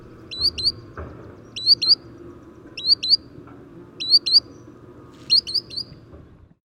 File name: Solitary Sandpiper - Tringa solitaria